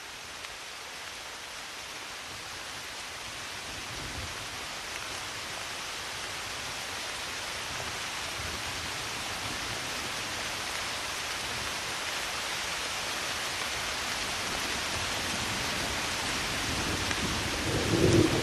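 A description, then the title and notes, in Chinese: Soft rain patters against a window in a dense, steady hiss that slowly swells louder, with a few sharper taps right at the end. 柔和的雨滴轻轻敲击窗棂。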